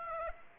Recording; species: mosquito wingbeat signal from an infrared sensor; Aedes aegypti